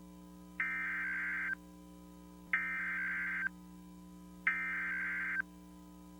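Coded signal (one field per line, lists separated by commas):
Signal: Emergency Alert System (SAME) tones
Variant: header bursts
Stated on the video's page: Mock severe thunderstorm warning EAS alert, not a real activation.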